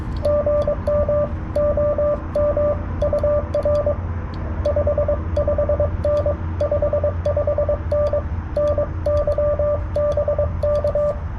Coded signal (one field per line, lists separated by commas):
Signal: Morse code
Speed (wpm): 21 wpm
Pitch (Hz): 590 Hz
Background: radio noise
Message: GM OM UR 55N 55N NY BK